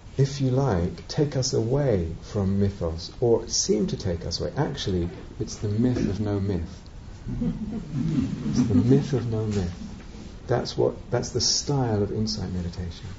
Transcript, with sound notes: if you like, take us away from mythos, or seem to take us away. Actually, it's the myth of no myth. [laughter] It's the myth of no myth. That's the style of Insight Meditation: